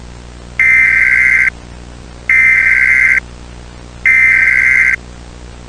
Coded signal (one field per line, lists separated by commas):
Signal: Emergency Alert System (SAME) tones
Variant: header bursts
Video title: Bait and Switch - An EAS Short